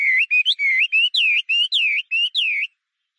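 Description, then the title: Chinese hwamei giving about ten short slurred whistles in quick succession, some rising and some falling, before stopping. "画眉鸟的叫声"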